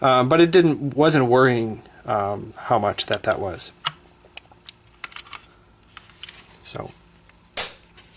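Someone talks, then there are several light plastic clicks as the plastic battery door latch on a First Alert CO615 plug-in carbon monoxide detector is pried at. At 7.6 s the latch snaps loose with a sharp pop and the door comes open, releasing much more easily this time.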